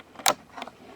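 A DDR2 SO-DIMM memory module, inserted at a diagonal into the RAM slot of a Compaq 6515b laptop for a 4GB RAM upgrade, is pressed down evenly until the side clasps lock it. A sharp snap comes at 0.3 s and a second, softer snap at 0.6 s, with faint rattles around them. The module is seated and locked in the clasps.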